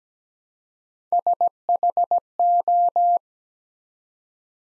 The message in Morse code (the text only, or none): SHO